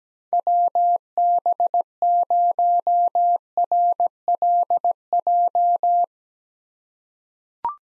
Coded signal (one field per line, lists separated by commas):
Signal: Morse code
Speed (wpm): 17 wpm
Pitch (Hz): 700 Hz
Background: none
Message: WB0RLJ